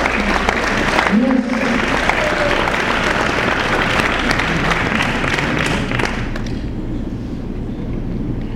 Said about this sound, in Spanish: Denle un aplauso al Señor por su sabiduría.